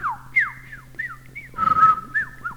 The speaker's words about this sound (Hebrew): שתי ציפורים שמעו אותו, ואחת מהן צפצפה פתאום.